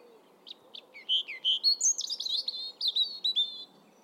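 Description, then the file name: European robin singing one long, varied phrase of high sweet whistles and tumbling twittery notes, starting with a few spaced chips. "Erithacus rubecula"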